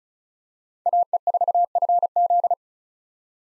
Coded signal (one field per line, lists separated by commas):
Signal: Morse code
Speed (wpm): 36 wpm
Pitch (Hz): 700 Hz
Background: none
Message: AE4FZ